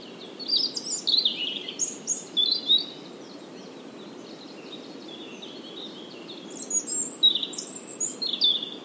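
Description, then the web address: European robin delivering two bursts of high, tinkling warbles, one at the start and one near the end, separated by a quiet pause, with low background hiss. "SETE Erithacus rubecula"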